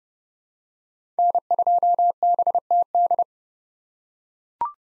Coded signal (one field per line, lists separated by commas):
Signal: Morse code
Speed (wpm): 30 wpm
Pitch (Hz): 700 Hz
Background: none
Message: N2BTD